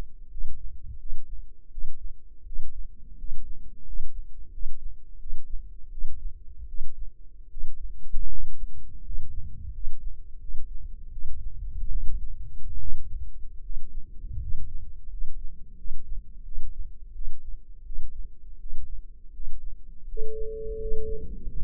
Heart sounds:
heart sounds by microphone in the left ear; 82 bpm
0.28 s: heartbeat
0.97 s: heartbeat
1.69 s: heartbeat
2.44 s: heartbeat
3.16 s: heartbeat
3.84 s: heartbeat
4.50 s: heartbeat
5.18 s: heartbeat
5.89 s: heartbeat
6.66 s: heartbeat
7.48 s: heartbeat
8.28 s: heartbeat
9.02 s: heartbeat
9.71 s: heartbeat
10.38 s: heartbeat
11.10 s: heartbeat
11.88 s: heartbeat
12.78 s: heartbeat
13.61 s: heartbeat
14.38 s: heartbeat
15.08 s: heartbeat
15.75 s: heartbeat
16.43 s: heartbeat
17.12 s: heartbeat
17.83 s: heartbeat
18.57 s: heartbeat
19.31 s: heartbeat
20.06 s: heartbeat
20.77 s: heartbeat
21.44 s: heartbeat
From the record:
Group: healthy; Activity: rest 0-20 s, breath hold 20-22 s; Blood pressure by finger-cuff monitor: 116/62 mmHg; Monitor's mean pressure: 75 mmHg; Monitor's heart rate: 82 bpm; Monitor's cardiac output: 7.9 L/min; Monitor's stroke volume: 95 mL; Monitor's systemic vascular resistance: 680 dyn s/cm5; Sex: male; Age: 23 years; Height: 179 cm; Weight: 87 kg

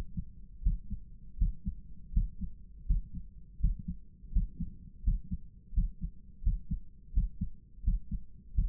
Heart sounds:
heart sounds by stethoscope; 83 bpm
0.61 s: heartbeat
1.37 s: heartbeat
2.12 s: heartbeat
2.85 s: heartbeat
3.59 s: heartbeat
4.31 s: heartbeat
5.03 s: heartbeat
5.73 s: heartbeat
6.42 s: heartbeat
7.12 s: heartbeat
7.83 s: heartbeat
8.54 s: heartbeat
From the record:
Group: healthy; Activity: Valsalva maneuver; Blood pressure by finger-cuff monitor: 111/74 mmHg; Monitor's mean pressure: 83 mmHg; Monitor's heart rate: 81 bpm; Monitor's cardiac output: 7.2 L/min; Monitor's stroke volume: 86 mL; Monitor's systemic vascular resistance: 840 dyn s/cm5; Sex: male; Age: 57 years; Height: 188 cm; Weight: 106 kg

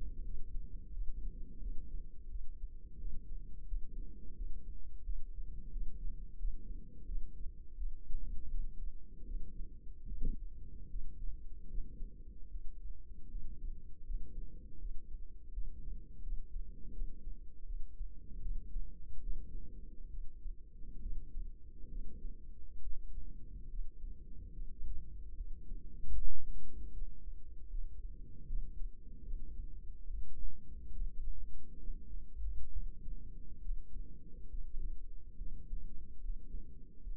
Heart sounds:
heart sounds by microphone in the right ear; 77 bpm
0.24 s: heartbeat
0.92 s: heartbeat
1.60 s: heartbeat
2.29 s: heartbeat
2.99 s: heartbeat
3.67 s: heartbeat
4.35 s: heartbeat
5.04 s: heartbeat
5.71 s: heartbeat
6.38 s: heartbeat
7.06 s: heartbeat
7.76 s: heartbeat
8.49 s: heartbeat
9.25 s: heartbeat
10.06 s: heartbeat
10.89 s: heartbeat
11.68 s: heartbeat
12.49 s: heartbeat
13.29 s: heartbeat
14.05 s: heartbeat
14.79 s: heartbeat
15.52 s: heartbeat
16.22 s: heartbeat
16.92 s: heartbeat
17.64 s: heartbeat
18.40 s: heartbeat
19.20 s: heartbeat
20.08 s: heartbeat
21.00 s: heartbeat
21.89 s: heartbeat
22.80 s: heartbeat
23.68 s: heartbeat
24.52 s: heartbeat
25.35 s: heartbeat
26.15 s: heartbeat
26.91 s: heartbeat
27.68 s: heartbeat
28.46 s: heartbeat
29.23 s: heartbeat
30.05 s: heartbeat
30.91 s: heartbeat
31.77 s: heartbeat
32.70 s: heartbeat
33.60 s: heartbeat
34.48 s: heartbeat
35.36 s: heartbeat
36.19 s: heartbeat
37.01 s: heartbeat
From the record:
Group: healthy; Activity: rest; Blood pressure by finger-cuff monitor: 105/73 mmHg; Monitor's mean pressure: 84 mmHg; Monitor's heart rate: 76 bpm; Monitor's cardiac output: 5.4 L/min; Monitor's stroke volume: 73 mL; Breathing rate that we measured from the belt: 24 breaths a minute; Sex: female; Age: 32 years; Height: 172 cm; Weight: 71.7 kg

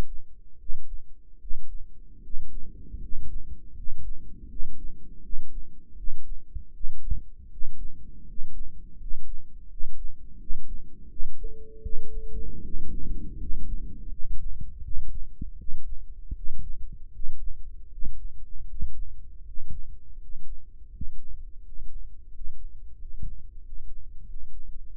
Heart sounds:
heart sounds by microphone in the right ear; 82 bpm
0.57 s: heartbeat
1.38 s: heartbeat
2.21 s: heartbeat
2.98 s: heartbeat
3.73 s: heartbeat
4.47 s: heartbeat
5.21 s: heartbeat
5.95 s: heartbeat
6.71 s: heartbeat
7.49 s: heartbeat
8.24 s: heartbeat
8.96 s: heartbeat
9.67 s: heartbeat
10.37 s: heartbeat
11.07 s: heartbeat
11.80 s: heartbeat
12.61 s: heartbeat
13.36 s: heartbeat
14.09 s: heartbeat
14.81 s: heartbeat
15.56 s: heartbeat
16.33 s: heartbeat
17.11 s: heartbeat
17.89 s: heartbeat
18.66 s: heartbeat
19.43 s: heartbeat
20.17 s: heartbeat
20.89 s: heartbeat
21.59 s: heartbeat
22.28 s: heartbeat
22.95 s: heartbeat
23.60 s: heartbeat
24.23 s: heartbeat
24.86 s: heartbeat
From the record:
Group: healthy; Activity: rest 0-13 s, Valsalva maneuver 13-25 s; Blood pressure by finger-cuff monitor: 99/69 mmHg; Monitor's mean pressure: 76 mmHg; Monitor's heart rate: 81 bpm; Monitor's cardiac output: 6.3 L/min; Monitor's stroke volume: 79 mL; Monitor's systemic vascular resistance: 880 dyn s/cm5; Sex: male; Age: 35 years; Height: 180 cm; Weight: 86.9 kg

